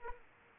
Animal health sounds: mosquito wingbeat signal from an infrared sensor; Aedes aegypti

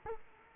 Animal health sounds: mosquito wingbeat signal from an infrared sensor; Culex quinquefasciatus

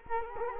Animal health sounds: mosquito wingbeat signal from an infrared sensor; Culex quinquefasciatus

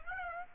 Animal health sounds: mosquito wingbeat signal from an infrared sensor; Aedes aegypti

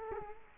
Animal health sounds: mosquito wingbeat signal from an infrared sensor; Culex quinquefasciatus

